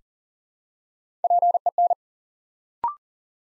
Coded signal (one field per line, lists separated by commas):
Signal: Morse code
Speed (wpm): 39 wpm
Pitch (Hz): 700 Hz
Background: none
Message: PEN